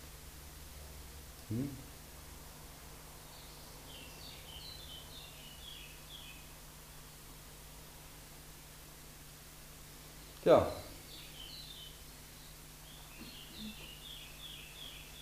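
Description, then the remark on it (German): Soft birdsong of quick, high chirping phrases from a bird singing outdoors in Mallorca repeats a few times over a steady low hum, broken by a couple of brief thumps and a single short spoken word. “Interessiert es den Vogel, ob wir einen haben?”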